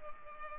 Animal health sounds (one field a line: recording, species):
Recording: mosquito wingbeat signal from an infrared sensor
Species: Culex pipiens